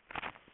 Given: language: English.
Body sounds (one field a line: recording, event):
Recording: throat vibration sensor signal played as sound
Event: swallow